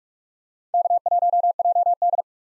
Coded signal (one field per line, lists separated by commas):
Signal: Morse code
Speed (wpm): 46 wpm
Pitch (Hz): 700 Hz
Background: none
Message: K1JD